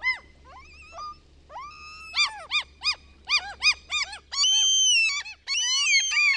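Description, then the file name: Common gull calling: long mewing cries and rapid series of short yelps, the notes crowding together in bursts. "KALALOKKI"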